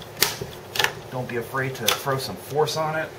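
A plastic display bezel is being pressed by hand onto the screen lid of a Dell XPS 17 (L702x) laptop, with sharp plastic ticks around 0.2 and 0.8 seconds while someone talks. The bezel is handled but not yet home, and nothing has seated or clicked yet.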